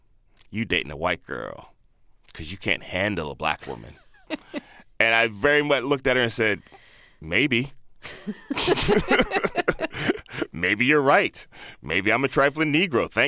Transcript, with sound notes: you dating a white girl 'cause you can't handle a black woman. And I very - looked at her and said, maybe.
(LAUGHTER)
Maybe you're right. Maybe I'm a trifling Negro.